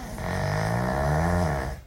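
A single sustained, low-pitched rumbling snore lasting about 1.7 seconds, strong and steady before it fades. It comes from an elderly pug sleeping at night in a dog bed, whose snoring has worsened with age, typical of the noisy breathing of a flat-faced breed during sleep.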